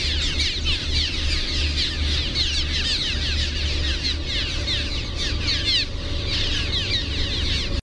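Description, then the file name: Cliff swallows giving a dense chorus of short, buzzy descending chur calls, many birds overlapping continuously, over a steady low rumbling background. "CLSW chur"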